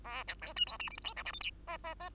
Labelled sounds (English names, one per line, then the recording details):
Bengalese Finch song
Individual Bird2